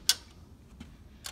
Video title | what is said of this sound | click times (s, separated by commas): Altalink Changing Customer replaceable items | of course, the new one will just simply clip right into place. | 0.1 s